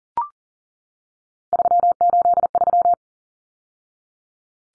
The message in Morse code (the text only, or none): 383